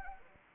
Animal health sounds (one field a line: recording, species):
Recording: mosquito wingbeat signal from an infrared sensor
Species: Anopheles arabiensis